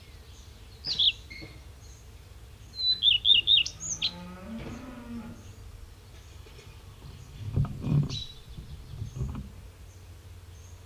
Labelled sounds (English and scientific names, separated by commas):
Common Redstart (Phoenicurus phoenicurus) song